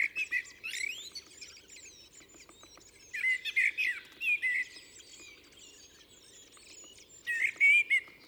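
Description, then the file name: Common blackbird giving warbled song phrases ending in high squeaky twitters. "Turdus merula"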